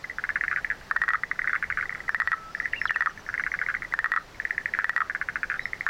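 Frog giving short pulsed trills in quick succession with brief pauses.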